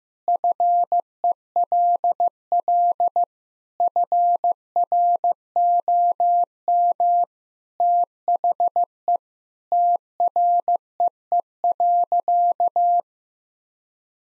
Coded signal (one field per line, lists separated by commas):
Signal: Morse code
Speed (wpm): 15 wpm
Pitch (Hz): 700 Hz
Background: none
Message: FELL FROM THE TREE.